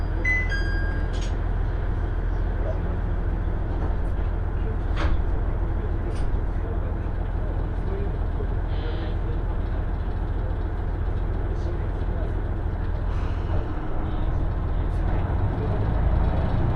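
A ride aboard a two-car KiHa 110 diesel train: a steady, heavy low rumble of engine and running gear carries on throughout at an even level. A short tonal chime sounds at the start, and scattered brief clicks and rattles break through every few seconds.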